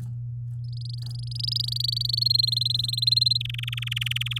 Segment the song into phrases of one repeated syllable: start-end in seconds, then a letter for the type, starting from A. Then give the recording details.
0.64-2.19 A, 2.21-3.38 B, 3.40-4.39 C. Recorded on 8 May 2018 at 05:33. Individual llb16